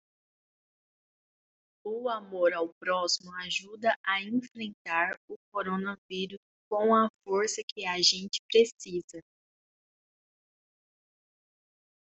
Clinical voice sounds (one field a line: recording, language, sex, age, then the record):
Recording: spoken sentence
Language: Brazilian Portuguese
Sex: female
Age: 20 to 29 years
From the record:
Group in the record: control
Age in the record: 27 years